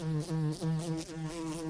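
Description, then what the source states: Bee buzzing in flight, a steady droning hum with rich harmonics that dips and swells in pitch. Flying.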